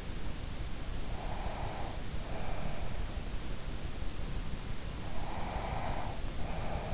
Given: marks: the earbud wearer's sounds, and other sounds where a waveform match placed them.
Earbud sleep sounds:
sounds in sleep by an in-ear microphone; breath
1.05-2.98 s: breath
5.14-6.94 s: breath

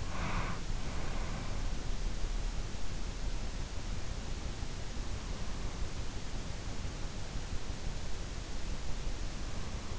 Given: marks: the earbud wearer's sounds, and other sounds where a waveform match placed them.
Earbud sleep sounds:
sounds in sleep by an in-ear microphone; breath
0.00-1.79 s: breath

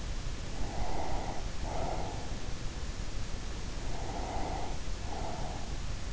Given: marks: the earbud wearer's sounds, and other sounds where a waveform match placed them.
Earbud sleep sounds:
sounds in sleep by an in-ear microphone; breath
0.55-2.46 s: breath
3.89-6.09 s: breath

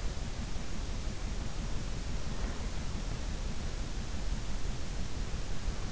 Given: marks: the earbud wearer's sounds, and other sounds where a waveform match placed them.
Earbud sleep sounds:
sounds in sleep by an in-ear microphone; breath
2.04-3.15 s: breath

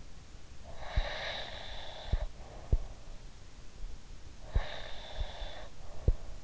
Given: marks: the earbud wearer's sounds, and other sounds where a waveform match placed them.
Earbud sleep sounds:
sounds in sleep by an in-ear microphone; breath
0.54-3.19 s: breath
4.39-6.44 s: breath

